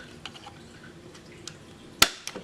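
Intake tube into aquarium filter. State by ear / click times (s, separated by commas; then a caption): seated / 2.0 s. A plastic intake tube is pushed onto an aquarium filter body, with a few faint taps and rattles before it snaps into place with a sharp, loud click at 2.0 s. A softer click follows at about 2.3 s. The intake is seated on the filter.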